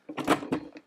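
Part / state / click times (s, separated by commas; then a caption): ammunition box onto the bracket under the machine gun / not seated / none. A plastic belt-ammunition box is slid along the dovetail bracket under an FN M249S semiauto light machine gun, toward where its locking tab should click. Two short scraping knocks of handling are heard around 0.2 s and 0.5 s, with quieter rubbing between them. Nothing has seated or clicked yet.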